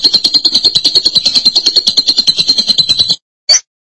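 Lovebird chatter: three seconds of fast, steady, shrill pulsed notes, followed after a short gap by a single sharp chip.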